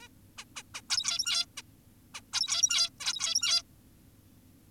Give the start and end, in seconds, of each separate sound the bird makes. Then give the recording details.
0.02-0.08, 0.38-0.45, 0.56-0.63, 0.74-0.81, 0.90-1.46, 1.57-1.62, 2.14-2.22, 2.33-2.90, 3.00-3.62. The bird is an adult. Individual g17y2U